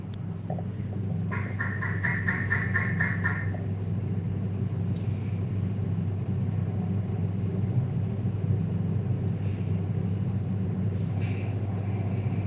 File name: rachophorus reindwardtii calling